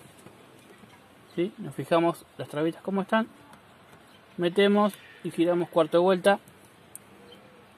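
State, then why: Seated. Someone talks while a new instrument-panel bulb holder for a VW Gol dashboard is inserted into the plastic instrument cluster housing with its tabs aligned, then turned a quarter turn. A short, sharp click at 7.0 s marks the holder twist-locking into the cluster by itself, and it is seated.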